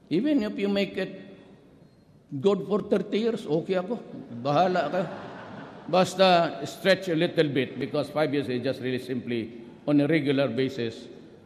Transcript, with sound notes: even if you make it good for 30 years, okay ako. Bahala kayo. [laughter] Basta, stretch a little bit because five years is just really simply on a regular basis.